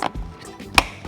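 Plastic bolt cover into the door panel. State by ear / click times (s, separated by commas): seated / 0.8 s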